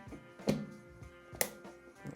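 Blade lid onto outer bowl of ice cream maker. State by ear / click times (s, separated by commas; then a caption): seated / 1.4 s. The top with the blade is fitted onto the plastic outer bowl of a Ninja Creami ice cream maker and twisted, with handling bumps around 0.5 s over steady background music. A sharp plastic click at 1.4 s shows the blade lid has seated on the outer bowl.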